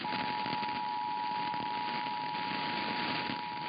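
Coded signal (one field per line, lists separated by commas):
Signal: Emergency Alert System (SAME) tones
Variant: 853 and 960 Hz attention tone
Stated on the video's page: Weekly and monthly EAS tests (RWTs and RMTs).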